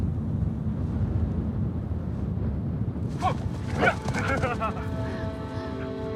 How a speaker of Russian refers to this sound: играет с собакой.